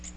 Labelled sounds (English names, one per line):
Magnolia Warbler flight call